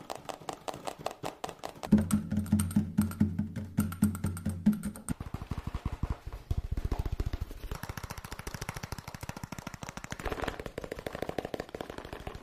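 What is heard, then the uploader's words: Fast tapping in rapid, sharp clicks, running continuously for the whole stretch. Between about two and five seconds a low steady hum with a thudding beat sits under the taps, then the tapping carries on alone, dense and even, with slight shifts in tone. Fast Tapping Deluxe Edition [Binaural Eargasm].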